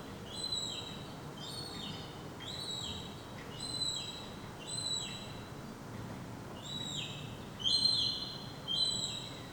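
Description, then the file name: Young gull repeating high, slurred peeping calls at an uneven pace of about one per second, the last few louder. Baby gull. "baby seagull"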